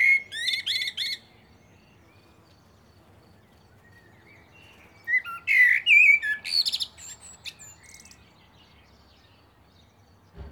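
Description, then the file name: Common blackbird song: a short fluty phrase, silence, then a longer rich warble with rapid high squeaks and twittering flourishes. "Turdus merula"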